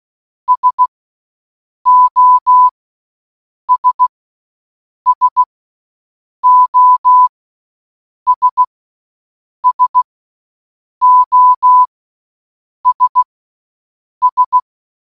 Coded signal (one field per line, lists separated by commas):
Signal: Morse code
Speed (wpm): 16 wpm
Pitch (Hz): 1000 Hz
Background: none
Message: SOS SOS SOS S